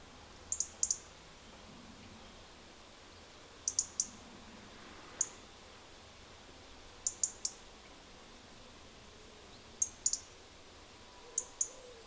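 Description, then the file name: European robin giving sharp, high ticking calls in quick pairs or triplets, the clusters repeated every one to three seconds with one single tick, against a quiet background. "Erithacus rubecula"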